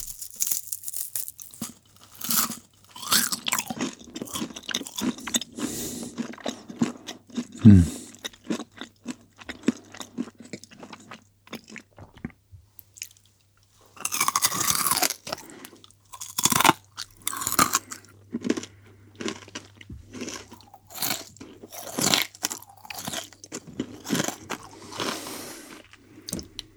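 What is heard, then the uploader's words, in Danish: Crisp bacon being crunched, with dense bursts of sharp, bright cracks and crackles that come in quick clusters. A sharp thump lands near the eighth second, and a brief quiet gap follows around the fourteenth before the crunching resumes. A faint low hum runs underneath. Nyd den intense – nærmest hypnotiserende – lyd af sprød bacon, der knases for åben mikrofon.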